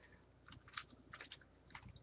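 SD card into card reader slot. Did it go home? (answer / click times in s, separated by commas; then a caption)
no / none. An SD card is pushed into the slot of a faulty SD card reader, producing a series of short, dry scraping and tapping sounds, with sharp transients at about 0.8, 1.1, 1.2, 1.3, 1.8 and 2.1 seconds. The push-push latch does not click, so the card has not seated and springs back out.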